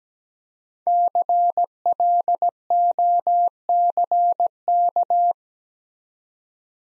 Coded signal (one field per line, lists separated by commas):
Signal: Morse code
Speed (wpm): 17 wpm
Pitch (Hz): 700 Hz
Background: none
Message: CLOCK